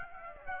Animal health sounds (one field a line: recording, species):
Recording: mosquito wingbeat signal from an infrared sensor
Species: Aedes aegypti